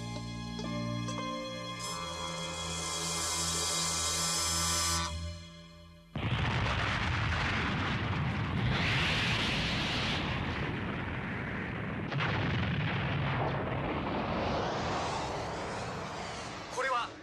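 A steady, layered synth tone holds for several seconds, then cuts to a sudden loud explosion that keeps roaring and rumbling, swelling again in a second burst before fading: a computer simulation of a planet's collision in which the planet explodes.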